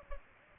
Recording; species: mosquito wingbeat signal from an infrared sensor; Aedes aegypti